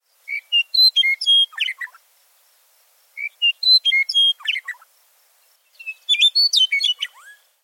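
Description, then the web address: Western meadowlark song: three phrases of clear whistled notes ending in a jumbled, gurgling flourish, each phrase about one and a half seconds long, with no other sounds. "Thumbs Plus Zoo Field Guide Repository Sounds"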